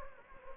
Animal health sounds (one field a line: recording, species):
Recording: mosquito wingbeat signal from an infrared sensor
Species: Anopheles gambiae